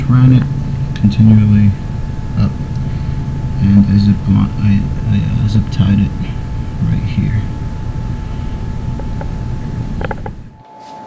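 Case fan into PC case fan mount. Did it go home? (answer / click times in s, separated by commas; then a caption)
yes / 10.1 s. A case fan is pressed into the computer case's plastic fan mount, and its plastic retaining tab snaps up and holds it without any screws. Someone talks over a steady background hum, then sharp plastic snaps are heard at 10.1 s and 10.1 s as the fan seats firmly in the mount.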